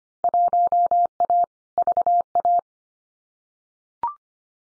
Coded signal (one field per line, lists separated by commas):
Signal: Morse code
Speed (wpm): 25 wpm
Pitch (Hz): 700 Hz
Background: none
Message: 1A VA